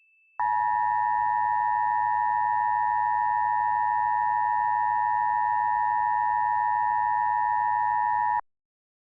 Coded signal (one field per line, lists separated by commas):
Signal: Emergency Alert System (SAME) tones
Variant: 853 and 960 Hz attention tone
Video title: [(SOME RECREATIONAL) EAS Mocks] - some of my unreleased content into a single YouTube video